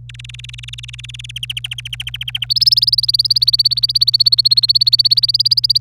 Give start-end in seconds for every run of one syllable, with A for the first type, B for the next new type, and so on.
0.09-1.38 A, 1.43-2.45 B, 2.49-5.78 C